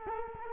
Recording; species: mosquito wingbeat signal from an infrared sensor; Culex quinquefasciatus